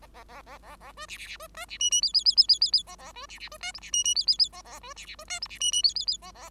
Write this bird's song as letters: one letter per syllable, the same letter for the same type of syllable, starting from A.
A A A A A B C C C B D C E E F F F F F F F A A B C C B D G C E E F F F A A B C C B D G C E E F F F A A